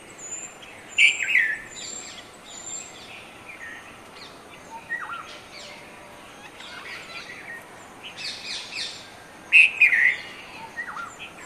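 Red-vented bulbul song, brief liquid chirping phrases at the start and again near ten seconds, other faint high bird calls scattered between over a low background hiss.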